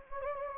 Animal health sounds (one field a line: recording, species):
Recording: mosquito wingbeat signal from an infrared sensor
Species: Anopheles gambiae